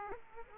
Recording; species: mosquito wingbeat signal from an infrared sensor; Aedes aegypti